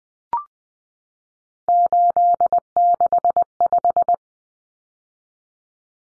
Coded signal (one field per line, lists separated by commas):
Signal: Morse code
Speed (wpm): 20 wpm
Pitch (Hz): 700 Hz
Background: none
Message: 865